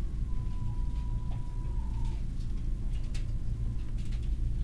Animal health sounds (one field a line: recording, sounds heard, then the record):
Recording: poultry house recording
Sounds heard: healthy chickens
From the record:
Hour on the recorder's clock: 7